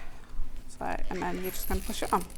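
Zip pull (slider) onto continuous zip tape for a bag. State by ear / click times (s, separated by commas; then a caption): not seated / none. A zip pull (slider), metal or plastic, is being handled onto continuous zip tape for a bag, with the tape angled at 45 degrees into the pull as it is pushed on. Someone talks throughout, with only faint handling noise underneath. Nothing has seated or clicked yet.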